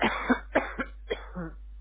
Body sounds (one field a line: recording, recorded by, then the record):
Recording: voluntary cough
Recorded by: telephone call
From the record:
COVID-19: positive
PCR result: self-reported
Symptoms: yes